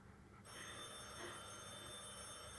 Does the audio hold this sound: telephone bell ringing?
yes